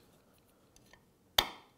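During a bottom-end rebuild of a 2005 Honda CRF450-R engine, a metal shaft component in the crankcase is pushed down and fitted with a circlip. After two faint ticks near 0.8 and 0.9 s, a loud, sharp metallic snap rings out at 1.4 s and decays quickly. The circlip snaps into its groove and the part is seated.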